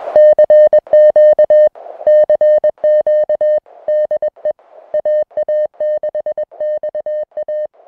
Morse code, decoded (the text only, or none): CQ CQ DE AA6XA